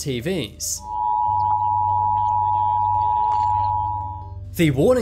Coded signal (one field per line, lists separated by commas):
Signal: Emergency Alert System (SAME) tones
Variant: 853 and 960 Hz attention tone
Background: speech, music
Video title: 10 Scary Emergency Alerts Seen on TV